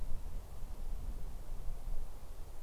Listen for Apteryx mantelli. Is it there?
no